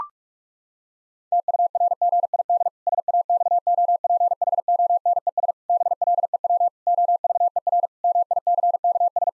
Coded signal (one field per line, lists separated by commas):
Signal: Morse code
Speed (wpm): 41 wpm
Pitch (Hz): 700 Hz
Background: none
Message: TURGID SAXOPHONES BLEW OVER MICKS